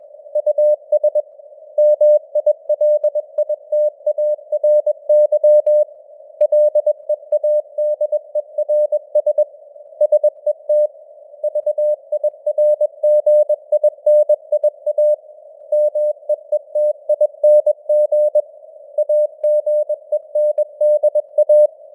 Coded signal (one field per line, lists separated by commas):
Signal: Morse code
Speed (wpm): 21 wpm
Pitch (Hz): 600 Hz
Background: none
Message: US MILITARY LEADERS SET VIRGINIA MEETING AGENDA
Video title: Morse Code News | 2025-09-27 | 21wpm